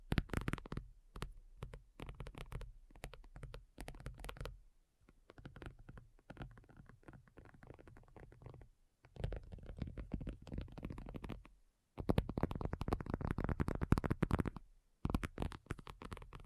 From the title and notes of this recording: ASMR Addictive Tapping. (No Talking).